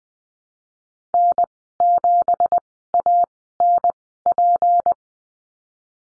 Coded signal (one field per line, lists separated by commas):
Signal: Morse code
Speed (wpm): 19 wpm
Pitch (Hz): 700 Hz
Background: none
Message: N7ANP